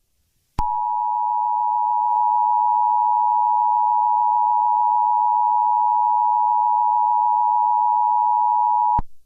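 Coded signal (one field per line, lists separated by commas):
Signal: Emergency Alert System (SAME) tones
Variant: 853 and 960 Hz attention tone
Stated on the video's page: Fictional EAS scenario; events not real.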